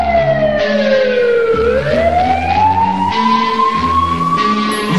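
police car siren

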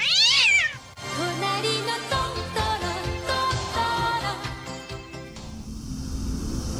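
cat meowing

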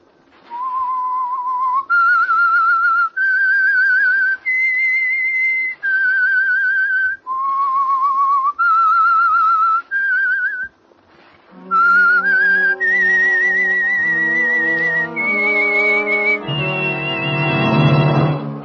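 whistled theme tune

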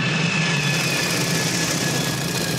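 jet airplane engine

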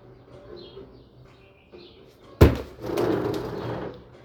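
door opening sound effect

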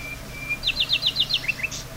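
small birds chirping

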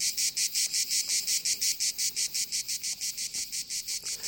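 cicadas chirping

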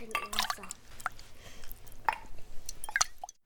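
water dripping

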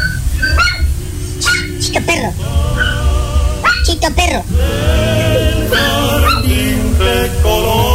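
dog barking and whimpering

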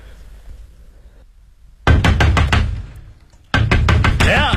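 knocking on a door

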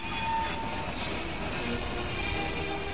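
train

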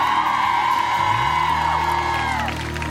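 audience applause and cheering

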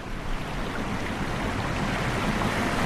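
water rushing

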